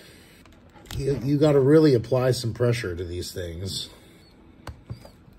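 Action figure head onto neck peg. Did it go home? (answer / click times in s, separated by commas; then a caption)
yes / 4.7 s. Someone talks while an alternate unmasked plastic head, warmed a little under water beforehand, is pressed with firm pressure onto the neck peg of a Lightning Collection MMPR White Ranger action figure. A sharp click at 4.7 s marks the head snapping on and seating.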